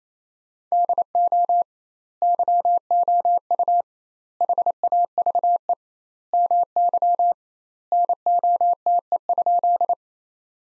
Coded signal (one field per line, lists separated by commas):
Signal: Morse code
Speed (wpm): 28 wpm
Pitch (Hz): 700 Hz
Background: none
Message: DO YOU HAVE MY NOTE?